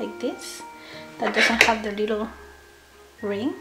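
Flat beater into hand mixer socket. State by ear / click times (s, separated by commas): not seated / none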